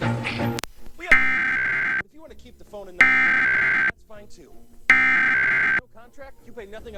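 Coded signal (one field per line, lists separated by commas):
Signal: Emergency Alert System (SAME) tones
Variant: header bursts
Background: speech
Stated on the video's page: National Periodic Test of the EAS as aired by local TV stations.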